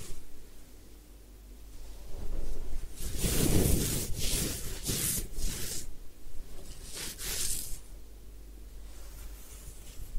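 A head spa hair wash with wet, squishing and hissing sounds that swell from about three seconds in. Bursts of bright spraying or rubbing come in clusters near three to five seconds and again around seven, over a low steady hum.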